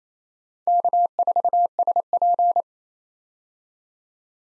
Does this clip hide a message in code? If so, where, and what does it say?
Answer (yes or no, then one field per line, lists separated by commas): yes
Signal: Morse code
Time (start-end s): 0.7-2.6 s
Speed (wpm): 28 wpm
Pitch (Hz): 700 Hz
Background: none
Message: K4SP